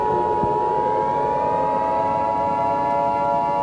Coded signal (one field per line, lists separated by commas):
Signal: Emergency Alert System (SAME) tones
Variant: 853 and 960 Hz attention tone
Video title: Elmo Error II (+ The Frustrated Kitty, MistfulSkye) (EAS Scenario)